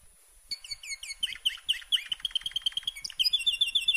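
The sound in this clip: Canary song beginning after a brief silence, with quick repeated chirps building into rapid rolling trills and a different phrase at the end.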